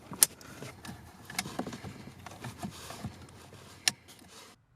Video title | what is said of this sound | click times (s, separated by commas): 2014 - 2019 GM Cargo Lights in Drive Override (Silverado & Sierra) | plug back in your bcm connectors you should hear and feel these snap into place | 0.2 s, 3.9 s